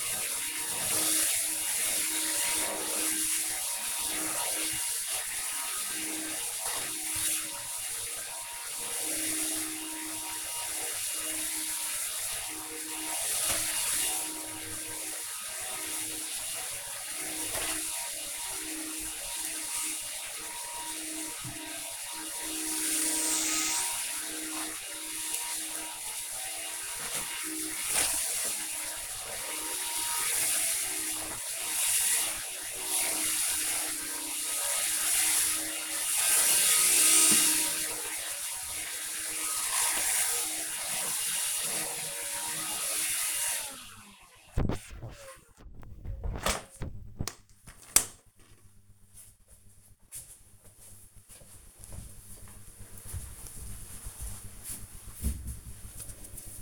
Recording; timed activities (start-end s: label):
household activities, microphone on the right wrist
0.00-42.83 s: vacuum cleaning